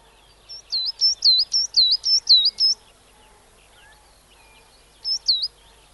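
Coal tit delivering a quick series of high see-saw notes, roughly eight repeats, pausing, then two more; faint bird calls underneath.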